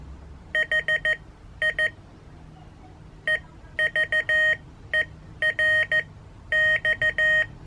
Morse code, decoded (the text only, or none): HI EVERX